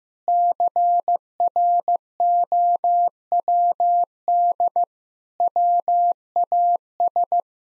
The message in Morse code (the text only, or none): CROWD WAS